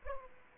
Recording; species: mosquito wingbeat signal from an infrared sensor; Aedes aegypti